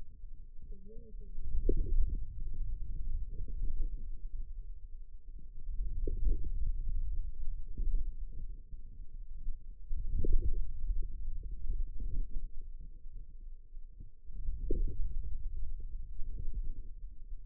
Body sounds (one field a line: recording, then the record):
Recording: forearm muscle sounds (acoustic myography)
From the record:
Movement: hand closing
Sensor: system 2, bracelet of six BSWA MPA416 microphones around the upper forearm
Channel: 4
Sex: female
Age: 21 years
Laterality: right